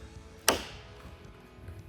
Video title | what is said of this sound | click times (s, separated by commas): How to Install Rave Marker Lights on an OEM Tundra or Sequoia Grille | You can feel it snap into place. | 0.5 s